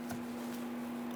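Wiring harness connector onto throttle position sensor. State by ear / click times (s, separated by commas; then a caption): not seated / none. A wiring harness connector is being pushed back onto a new throttle position sensor on a 1994-2004 Ford Mustang with the 3.8L V6. A steady low hum runs throughout, with faint handling noises. Nothing has seated or clicked yet.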